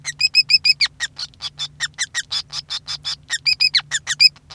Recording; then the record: song of a male Bengalese finch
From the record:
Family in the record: son of father 5